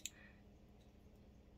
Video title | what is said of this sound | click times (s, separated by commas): How to Clean a LLAMA 1911 45 Cal: A Beginner's Guide | और फिर ऊपर और अंदर जाता हूँ - और यह एक तरह से शुरुआती स्नैप करता है लेकिन पूरी तरह से अंदर नहीं जाता है | 0.1 s